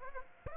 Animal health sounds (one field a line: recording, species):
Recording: mosquito wingbeat signal from an infrared sensor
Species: Aedes aegypti